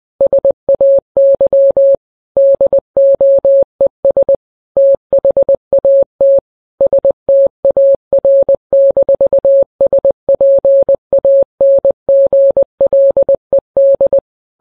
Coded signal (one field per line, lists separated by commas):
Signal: Morse code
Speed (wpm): 20 wpm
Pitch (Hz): 550 Hz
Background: none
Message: SAY DOES THAT STAR-SPANGLED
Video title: The U.S. National Anthem, but it’s Morse Code.